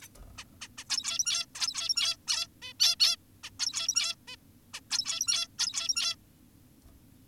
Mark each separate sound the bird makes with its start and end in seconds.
0.02-0.07, 0.38-0.44, 0.61-0.68, 0.78-0.84, 0.90-1.46, 1.55-2.17, 2.28-2.47, 2.62-2.73, 2.80-2.96, 3.00-3.16, 3.44-3.50, 3.60-4.16, 4.28-4.36, 4.74-4.80, 4.91-5.48, 5.59-6.16